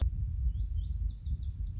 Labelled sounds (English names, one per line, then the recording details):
Lazuli Bunting
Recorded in Sonoma County, California